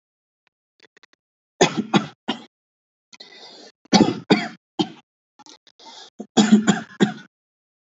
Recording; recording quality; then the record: shallow voluntary cough; excellent, no background noise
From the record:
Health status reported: healthy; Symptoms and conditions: none ticked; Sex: male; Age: 22 years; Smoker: not ticked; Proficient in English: yes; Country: India